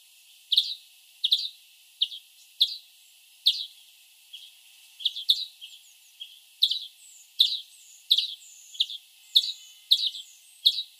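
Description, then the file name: European greenfinch calls: short, bright chirps with a quick downward slur, repeated irregularly about every half second to second. "Chloris chloris"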